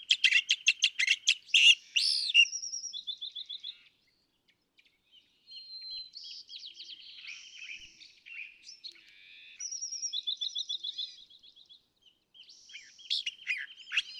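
California thrasher: loud harsh note series, then a long stretch of soft trills and thin whistles, before harsh notes return at the end.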